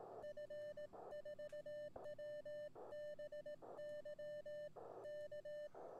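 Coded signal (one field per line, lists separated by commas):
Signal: Morse code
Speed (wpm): 18 wpm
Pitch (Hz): 1800 Hz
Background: none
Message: F4WBY K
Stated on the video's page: Live stream with Morse code contacts on an Elecraft K1.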